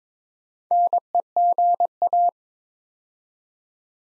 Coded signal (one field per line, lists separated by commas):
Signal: Morse code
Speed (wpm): 22 wpm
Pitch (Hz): 700 Hz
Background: none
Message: NEGA